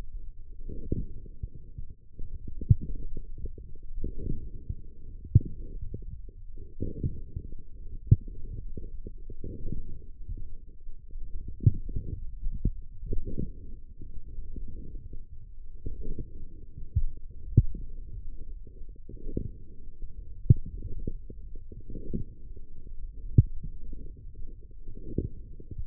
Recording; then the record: forearm muscle sounds (acoustic myography)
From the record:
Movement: forearm pronation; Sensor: system 1, eight BSWA MPA416 microphones around the upper forearm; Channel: 3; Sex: male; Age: 20 years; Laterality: left